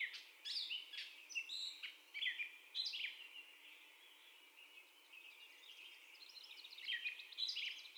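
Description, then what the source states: Gray catbird singing a disjointed string of mixed chirps and squeaky notes, with a quieter stretch in the middle. First song, recorded 30 May 2021.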